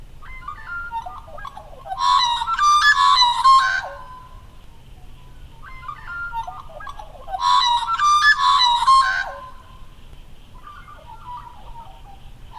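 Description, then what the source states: Magpie calling with two matching bursts of warbled, fluty notes, each about two seconds long, followed by softer notes. Recorded with a Zoom recorder.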